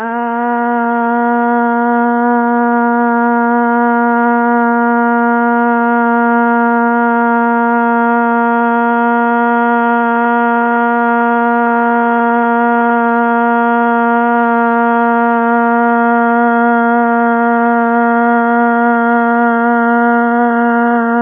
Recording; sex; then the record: sustained vowel /a/; female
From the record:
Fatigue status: fatigue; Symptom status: symptomatic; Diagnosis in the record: COVID-19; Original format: 3gp